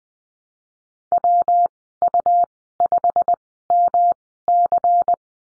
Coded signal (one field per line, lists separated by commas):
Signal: Morse code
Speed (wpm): 20 wpm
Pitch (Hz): 700 Hz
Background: none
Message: WU5MC